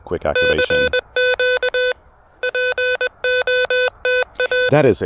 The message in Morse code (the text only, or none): CQ POTA E